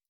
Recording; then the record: hydrophone in a shrimp aquaculture tank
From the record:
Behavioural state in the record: stressed